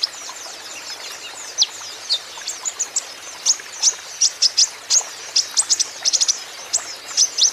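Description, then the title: Van Hasselt's sunbird uttering sharp high tweets and short chirp clusters at uneven intervals over a gentle hiss. Young, green-plumaged (konin ijoan) kolibri ninja in lively (gacor) song; used as a lure and therapy so untrained (bahan) konin birds will answer. "KOLIBRI NINJA KONIN IJOAN GACOR COCOK UNTUK PANCINGAN TERAPI KONIN BAHAN PASTI NYAUT"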